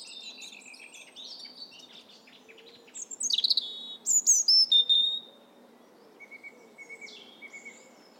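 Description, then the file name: European robin song: bursts of high, thin, varied warbling phrases with sweeping notes and quick trills, separated by short pauses, over a steady low background hiss. "Erithacus rubecula"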